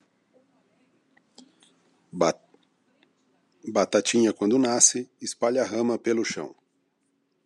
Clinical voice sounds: short text; Brazilian Portuguese; male; 50 to 59 years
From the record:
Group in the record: control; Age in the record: 50 years

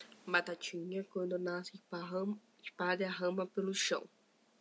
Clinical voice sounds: short text; Brazilian Portuguese; female; 20 to 29 years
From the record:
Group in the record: control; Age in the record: 23 years

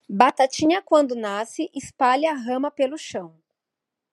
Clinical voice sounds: short text; Brazilian Portuguese; female; 30 to 39 years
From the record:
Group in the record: control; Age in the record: 39 years

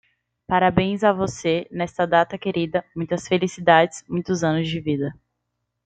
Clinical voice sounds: short text; Brazilian Portuguese; female; 20 to 29 years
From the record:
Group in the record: control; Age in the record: 20 years

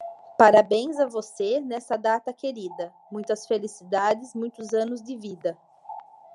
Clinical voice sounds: short text; Brazilian Portuguese; female; 30 to 39 years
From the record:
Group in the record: control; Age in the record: 37 years

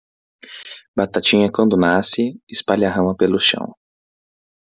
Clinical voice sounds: short text; Brazilian Portuguese; male; 20 to 29 years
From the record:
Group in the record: control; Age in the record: 24 years

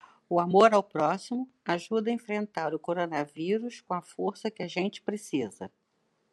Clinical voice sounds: spoken sentence; Brazilian Portuguese; female; 60 to 69 years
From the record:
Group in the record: control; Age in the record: 66 years

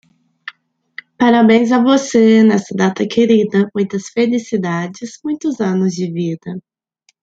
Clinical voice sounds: short text; Brazilian Portuguese; female; 20 to 29 years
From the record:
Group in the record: control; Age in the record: 29 years

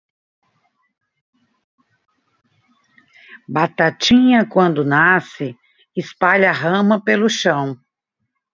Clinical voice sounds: short text; Brazilian Portuguese; female; 60 to 69 years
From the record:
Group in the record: control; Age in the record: 66 years

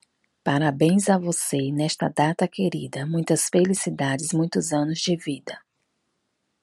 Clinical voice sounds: short text; Brazilian Portuguese; female; 40 to 49 years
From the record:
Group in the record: control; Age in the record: 44 years

